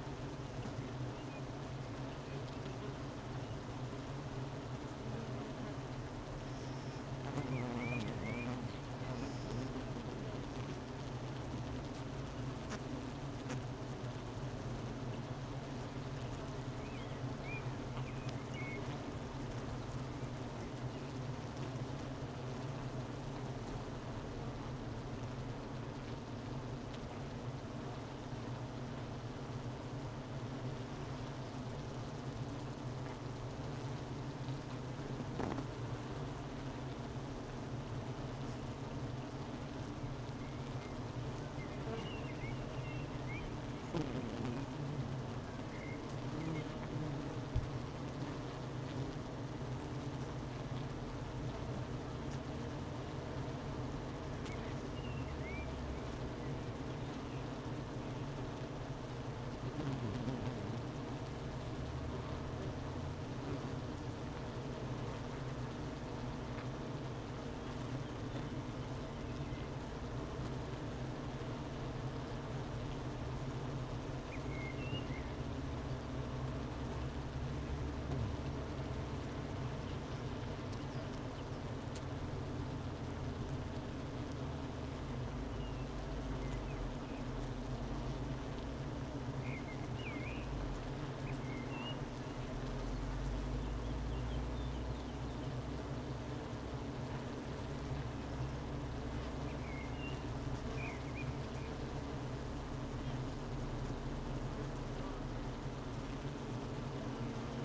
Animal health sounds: honeybee colony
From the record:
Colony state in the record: missing queen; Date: 31 May 2018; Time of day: 12:14

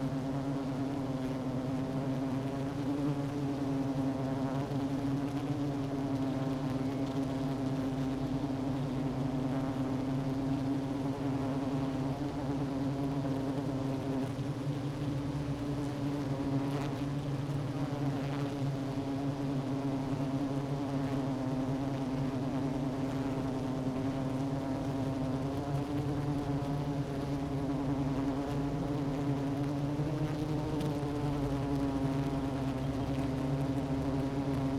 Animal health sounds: honeybee colony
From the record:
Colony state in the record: active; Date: 12 June 2018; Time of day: 10:52

